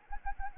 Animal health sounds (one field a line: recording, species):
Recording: mosquito wingbeat signal from an infrared sensor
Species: Anopheles arabiensis